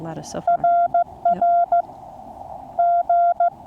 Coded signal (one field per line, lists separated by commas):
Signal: Morse code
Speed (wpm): 15 wpm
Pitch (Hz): 690 Hz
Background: speech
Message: RR G